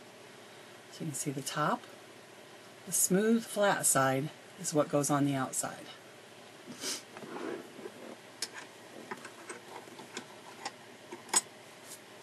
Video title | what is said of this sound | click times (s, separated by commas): Clean your machine! | it just pops into place | 8.4 s